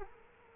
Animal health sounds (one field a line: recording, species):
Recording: mosquito wingbeat signal from an infrared sensor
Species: Culex quinquefasciatus